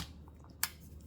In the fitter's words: which this is just like a push down you'll hear a click